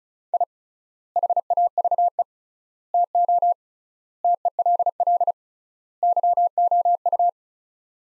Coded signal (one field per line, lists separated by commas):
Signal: Morse code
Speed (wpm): 36 wpm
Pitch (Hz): 700 Hz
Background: none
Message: I HAVE TO TELL YOU